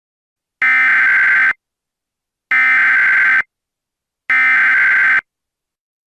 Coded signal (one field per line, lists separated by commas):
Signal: Emergency Alert System (SAME) tones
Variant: header bursts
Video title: EAS Scenario - SCP-Vyonders